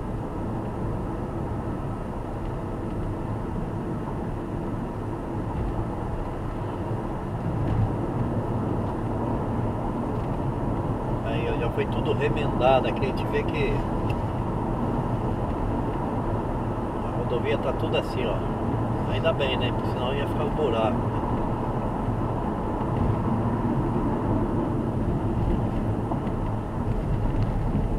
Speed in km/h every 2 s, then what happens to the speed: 76, 78, 82, 86, 89, 92, 93, 96, 96, 94, 93, 88, 82, 79.
0-14 speeds up to 96. 14-20 steady at about 94. 20-28 slows to 79.